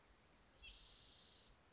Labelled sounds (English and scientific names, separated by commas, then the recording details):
Spotted Towhee (Pipilo maculatus)
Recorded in Sonoma County, California